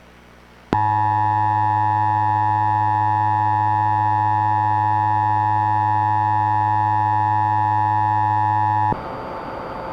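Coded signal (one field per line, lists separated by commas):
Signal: Emergency Alert System (SAME) tones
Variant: 853 and 960 Hz attention tone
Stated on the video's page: Fictional, simulated EAS alert for a dust storm, shown on a fictional cable company during an anime broadcast.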